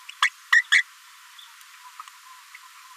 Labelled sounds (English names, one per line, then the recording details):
Green-rumped Parrotlet babbling
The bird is a female
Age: 28 days
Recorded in a nest box in Venezuela
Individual 17B73B4